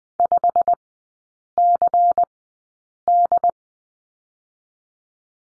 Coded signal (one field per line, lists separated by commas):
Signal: Morse code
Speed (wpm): 20 wpm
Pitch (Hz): 700 Hz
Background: none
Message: 5CD